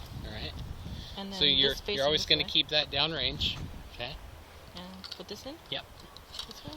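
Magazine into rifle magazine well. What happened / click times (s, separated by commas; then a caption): The part is being handled but has not yet seated / none. Someone talks while a magazine is handled and lined up to slide into a rifle's magazine well, with a few faint, brief handling sounds. The clip ends before the magazine goes home, so nothing has seated or clicked yet.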